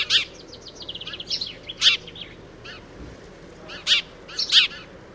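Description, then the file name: House sparrow calls: a loud chirp followed by a fast rattling series of short notes, then scattered loud chirps and a few fainter ones. "Wróbel"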